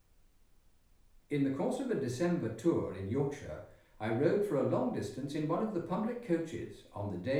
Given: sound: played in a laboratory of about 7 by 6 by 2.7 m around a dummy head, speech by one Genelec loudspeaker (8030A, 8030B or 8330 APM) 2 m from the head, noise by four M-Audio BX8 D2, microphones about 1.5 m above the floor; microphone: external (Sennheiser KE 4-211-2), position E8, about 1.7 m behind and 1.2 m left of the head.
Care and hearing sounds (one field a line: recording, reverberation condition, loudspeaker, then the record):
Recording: male speech in English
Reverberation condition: medium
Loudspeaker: 60 degrees to the left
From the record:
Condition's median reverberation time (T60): about 510 ms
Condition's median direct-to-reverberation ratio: about -0.5 dB